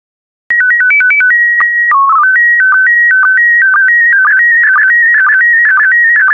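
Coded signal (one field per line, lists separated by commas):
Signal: SSTV (slow-scan television)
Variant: PD120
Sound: warbling tone jumping between pitches after a short header, with regular low blips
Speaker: Get ready. Starting transmission in 5, 4, 3, 2, 1. Transmission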